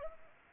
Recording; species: mosquito wingbeat signal from an infrared sensor; Anopheles arabiensis